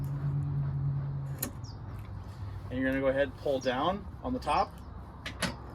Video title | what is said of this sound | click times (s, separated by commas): Sea Ray 190 Bimini | now you push your sliding bar until it locks in place | 1.4 s